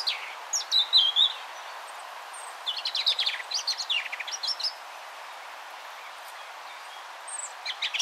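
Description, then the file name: European robin giving a brief high warble, then a longer run of rapid, thin ticking notes, a lull, and a few more high notes at the end. "Erithacus rubecula"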